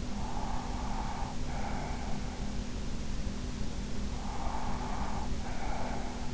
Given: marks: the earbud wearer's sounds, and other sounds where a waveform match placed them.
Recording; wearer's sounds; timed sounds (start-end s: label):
sounds in sleep by an in-ear microphone; breath
0.11-2.34 s: breath
4.17-6.33 s: breath